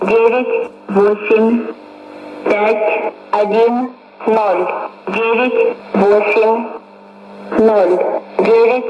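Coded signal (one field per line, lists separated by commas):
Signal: numbers station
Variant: S06s, Russian female voice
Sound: a woman's voice reading about nine short words at an even pace over shortwave radio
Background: radio static and hum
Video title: 14 11 2019 S06s Russian Lady numbers station in Russian to Eu 0944 on 9540 unknown tx site USB+AM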